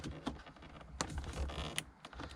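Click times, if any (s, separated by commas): 1.0 s, 1.8 s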